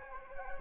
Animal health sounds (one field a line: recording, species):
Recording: mosquito wingbeat signal from an infrared sensor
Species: Anopheles gambiae